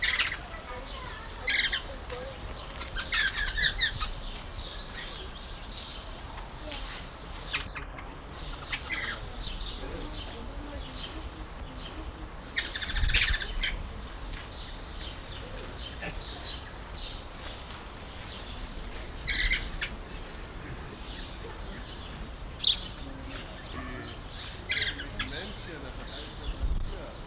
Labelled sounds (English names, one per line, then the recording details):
Yellow-throated Laughingthrush
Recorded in captivity
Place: Tierpark Berlin, Berlin, DE
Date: 1995-05-21 15:23
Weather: wolkig, 17°C
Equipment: Marantz CP 430, Sennheiser ME 80, Kopie Uher 4000 Report Monitor
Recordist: Tembrock, Günter
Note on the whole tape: Gelbbauchhäherling (G. g. courtoisi): 3 Tiere, meist im Fluge